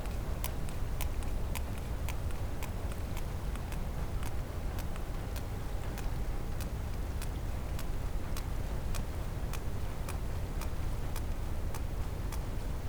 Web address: Physeter Macrocephalus clean cachalot positif